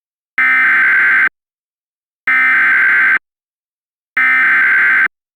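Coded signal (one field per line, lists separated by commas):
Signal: Emergency Alert System (SAME) tones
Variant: header bursts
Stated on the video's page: Mock reenactment of a December thunderstorm warning for Laredo, containing valid EAS tones.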